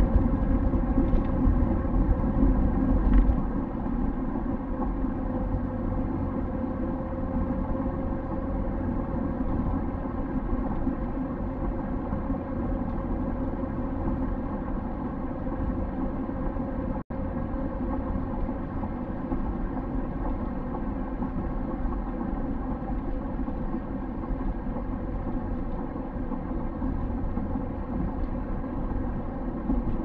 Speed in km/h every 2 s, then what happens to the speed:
68, 65, 67, 68, 69, 68, 68, 68, 69, 67, 65, 63, 62, 62, 61.
0-17 steady at about 68. 17-30 slows to 61.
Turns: none.